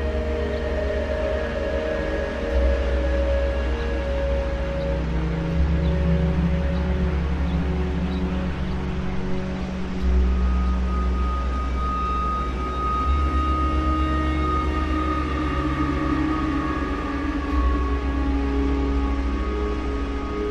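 Ambient music of slow, sustained tones drifting over a deep steady drone, with soft layered notes shifting gradually and no sharp events.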